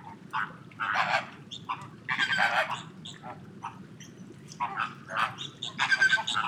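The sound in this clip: Flamingos giving harsh, loud honks in irregular bursts, some calls overlapping into noisy clusters, over a low rumbling background.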